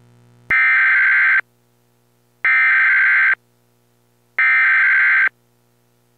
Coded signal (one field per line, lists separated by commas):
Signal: Emergency Alert System (SAME) tones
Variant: header bursts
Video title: EAS pizza hut noaa 2